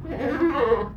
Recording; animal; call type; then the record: contact call of a hoofed animal; goat; low-frequency (closed-mouth) or high-frequency (open-mouth) call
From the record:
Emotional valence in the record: negative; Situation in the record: food frustration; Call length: 0.96 s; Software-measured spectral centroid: 1130 Hz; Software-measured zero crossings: 1130 a second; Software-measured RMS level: -23 dBFS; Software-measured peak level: -9 dBFS